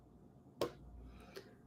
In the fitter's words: oh did you guys hear that really probably not but it was a very satisfying click